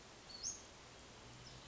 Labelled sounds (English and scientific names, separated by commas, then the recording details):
Western Flycatcher (Empidonax difficilis)
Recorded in Sonoma County, California